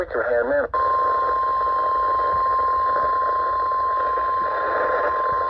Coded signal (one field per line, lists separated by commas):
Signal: Emergency Alert System (SAME) tones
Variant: 1050 Hz attention tone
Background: speech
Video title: WEEKEND SEVERITY CHAOS... (EAS ALERTS 6120-6186 FROM 08/29-31/24)